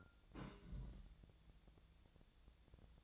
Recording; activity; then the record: daily activity, microphone in the room; place on stove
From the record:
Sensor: 3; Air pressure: 1000.0 hPa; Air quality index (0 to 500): 126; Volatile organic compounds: 2 ppm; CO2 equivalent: 1128 ppm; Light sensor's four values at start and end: 43/110/47/52 and 43/110/47/52